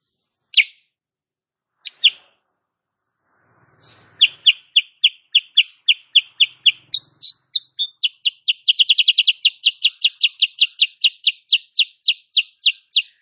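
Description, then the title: Sooty-headed bulbul song: two sharp separate chirps, then a long run of high notes repeated quickly that briefly speeds into a dense volley before steadying. Female; recording used as master song for training cage birds; described as gacor (singing persistently) and nembak rapat (rapid, closely packed notes). "Masteran Kutilang Sutra. Kutilang SUTRA BETINA GACOR nembak RAPAT"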